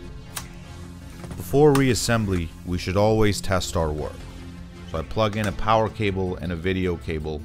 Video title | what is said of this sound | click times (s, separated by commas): Nintendo Wii Black Screen Repair Guide (Bluetooth Chip Replacement) | and you should feel it click into position like this. | 0.4 s